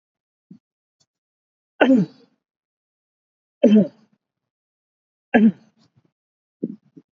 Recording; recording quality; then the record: shallow voluntary cough; excellent, no background noise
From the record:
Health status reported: recovered from COVID-19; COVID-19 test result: negative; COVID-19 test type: RT-PCR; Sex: male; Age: 48 years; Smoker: no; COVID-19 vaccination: both doses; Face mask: not worn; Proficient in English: no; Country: India